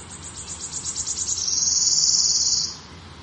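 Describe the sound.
Wood warbler song, a run of high, quickening ticks that merges into a bright, shimmering trill lasting about a second before stopping.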